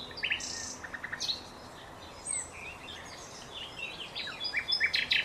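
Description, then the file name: Common nightingale song: short bursts of sharp repeated notes and whistles, a busy stretch of mixed chirps, ending in a fast series of loud notes. "Luscinia megarhynchos"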